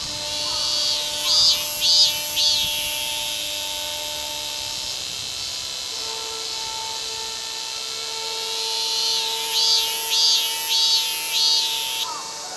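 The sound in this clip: Minmin cicada song: loud pulsing buzzy notes repeated in a run near the start and again near the end, over steady hum and hiss.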